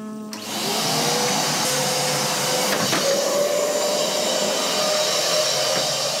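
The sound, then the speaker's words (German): A vacuum cleaner switches on with a brief low tone, then roars in a steady, loud whine, its pitch sliding slightly as it thoroughly sucks up crumbs of an organic rice cake right in front of people's feet, with faint clicks and rattles. “saugt sehr gründlich mit dem Staubsauger die Krümel einer Bio-Reiswaffel direkt vor unseren Füßen auf.”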